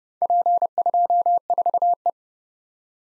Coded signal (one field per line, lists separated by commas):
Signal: Morse code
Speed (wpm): 29 wpm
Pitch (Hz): 700 Hz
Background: none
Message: P24E